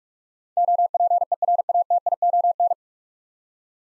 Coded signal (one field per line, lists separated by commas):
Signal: Morse code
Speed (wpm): 44 wpm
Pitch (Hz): 700 Hz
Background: none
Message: OPERATION